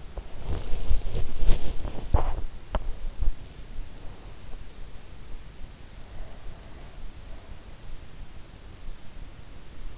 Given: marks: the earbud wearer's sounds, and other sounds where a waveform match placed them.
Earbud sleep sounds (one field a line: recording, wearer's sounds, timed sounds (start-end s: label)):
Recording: sounds in sleep by an in-ear microphone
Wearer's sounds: body movement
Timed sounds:
0.00-3.51 s: body movement